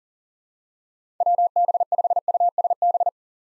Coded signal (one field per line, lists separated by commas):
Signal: Morse code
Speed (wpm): 40 wpm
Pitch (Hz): 700 Hz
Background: none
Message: WB5USB